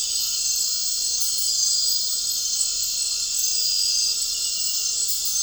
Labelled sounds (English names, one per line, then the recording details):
none
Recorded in dense forest near Puerto Asís, Putumayo, Colombia, on 4 March 2025 at 22:00
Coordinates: 0.467, -76.328
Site G041